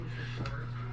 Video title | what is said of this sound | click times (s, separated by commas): GoPro Acc | uh these will just snap into place here | 0.5 s